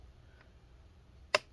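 A screw for the bottom cover of a Lenovo ThinkPad L450 laptop is turned backwards into its threaded standoff. A faint tick comes at 0.4 s. At 1.4 s a sharp, bright click is heard as the second screw catches the start of the thread and seats.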